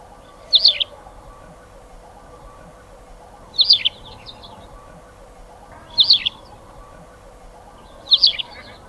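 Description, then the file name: Tawny pipit song, a brief high chirruping phrase repeated four times a few seconds apart, with faint low background hum. "Anthus campestris song"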